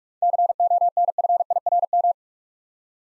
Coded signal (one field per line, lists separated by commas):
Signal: Morse code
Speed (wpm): 46 wpm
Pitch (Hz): 700 Hz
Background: none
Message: CONFIRM